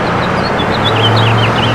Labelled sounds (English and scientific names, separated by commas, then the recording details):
House Finch (Haemorhous mexicanus) song
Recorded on Long Island, New York, on 28 June 2012
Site SB
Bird B